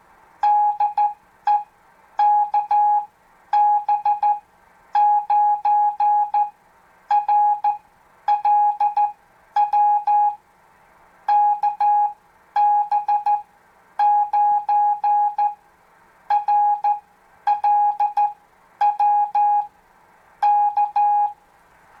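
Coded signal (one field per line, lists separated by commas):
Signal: Morse code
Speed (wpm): 14 wpm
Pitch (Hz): 830 Hz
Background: none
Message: DE KB9RLW KB9RLW K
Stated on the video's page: Homebuilt very low power crystal-controlled QRPp CW transmitter used to make a contact.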